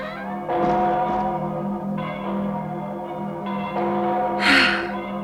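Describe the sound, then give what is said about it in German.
Church bells ring out in slow, overlapping strokes, each one leaving a rich, humming resonance that lingers and blends with the next, followed by a short breathy gasp near the end. “Ich habe endlich verstanden, was sie läuten.”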